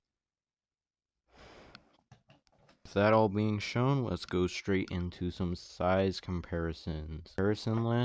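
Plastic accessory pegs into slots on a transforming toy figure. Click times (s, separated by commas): 1.8 s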